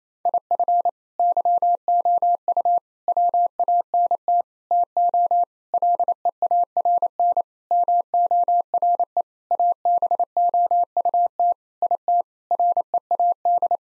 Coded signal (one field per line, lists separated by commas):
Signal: Morse code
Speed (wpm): 28 wpm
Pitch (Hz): 700 Hz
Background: none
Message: IF YOU WANT TO LEARN MORE ABOUT IT READ